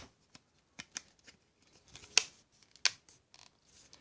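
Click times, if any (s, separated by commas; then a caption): 2.2 s, 2.9 s. A plastic cover plate is pressed onto the front of a handheld game console, with soft handling clicks and rustles at first. Two sharp snaps ring out at 2.2 and 2.9 seconds as the clips engage and the faceplate seats in place.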